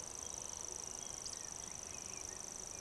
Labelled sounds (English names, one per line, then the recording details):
Eurasian Woodcock whistle
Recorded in Baden-Württemberg, Germany, on 12 June 2020 at 19:37 UTC
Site 43791, 788 m above sea level